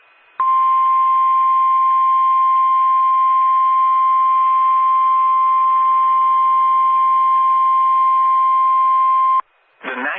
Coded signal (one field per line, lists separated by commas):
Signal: Emergency Alert System (SAME) tones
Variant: 1050 Hz attention tone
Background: speech